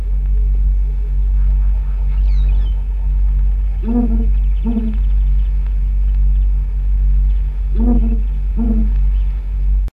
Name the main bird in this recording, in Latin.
Bucorvus leadbeateri